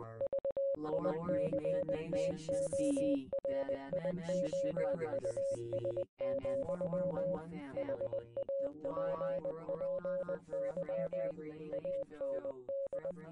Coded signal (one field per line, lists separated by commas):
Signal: Morse code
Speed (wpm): 20 wpm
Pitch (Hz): 550 Hz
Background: speech, music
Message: VICTORIOUS, HAPPY AND